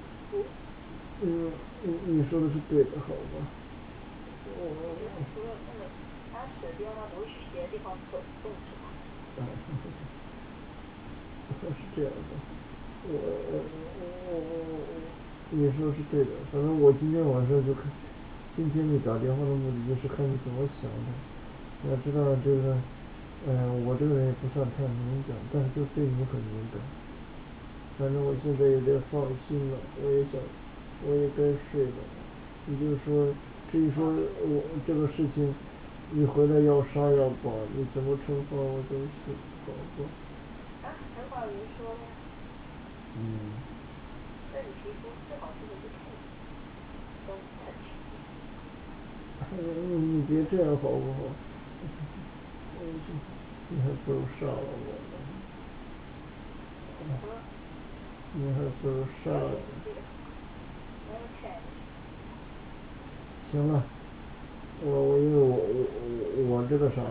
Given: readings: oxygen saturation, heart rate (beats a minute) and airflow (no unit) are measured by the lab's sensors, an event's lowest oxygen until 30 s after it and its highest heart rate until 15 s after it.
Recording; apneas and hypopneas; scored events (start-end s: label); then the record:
a person awake in a sleep study, by a voice recorder at the bedside; none
0.00-67.11 s: awake
From the record:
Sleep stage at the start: awake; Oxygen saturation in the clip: 94 to 96%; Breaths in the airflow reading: 19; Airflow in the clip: -6.0 to 5.1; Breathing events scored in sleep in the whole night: 216 in 7.0 hours asleep